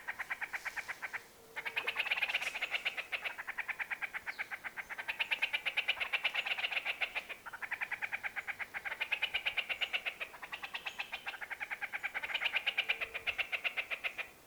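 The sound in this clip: Elegant trogon alarm call: fast dry rattling chatters in repeated bursts, with brief pauses between.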